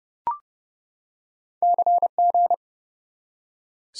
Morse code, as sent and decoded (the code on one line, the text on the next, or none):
-.-. --.
CG